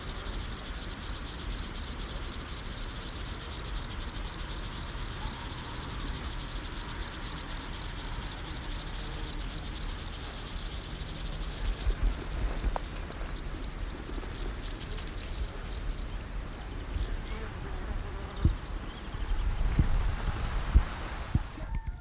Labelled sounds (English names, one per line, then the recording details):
Upland Field Grasshopper stridulation
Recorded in the wild
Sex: male
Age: imago
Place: Botanische Anlage Blankenfelde, Berlin, DE
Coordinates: 52.603, 13.4
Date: 1993-07-03 10:24
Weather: 20-23°C, sonnig, diesig, böiger Wind
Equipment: Marantz CP 430, Sennheiser ME 80, Kopie Uher Variocord 263
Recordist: Tembrock, Günter